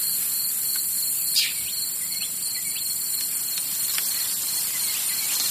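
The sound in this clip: Cricket chirping: short high pulsed chirps repeated in a steady series, over a constant high-pitched hiss with a few soft clicks.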